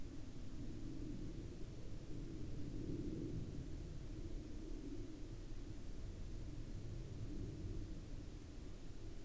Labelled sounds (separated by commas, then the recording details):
aircraft
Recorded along the Dempster Highway, Canada, on 18 October 2019 at 14:42
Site 20